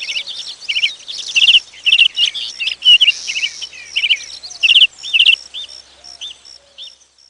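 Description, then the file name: Birdsong of high, busy twittering and chirps in quick bursts, thinning out toward the end to a few spaced, soft whistled notes. Birdsong used as a ringtone. "tono pajaros"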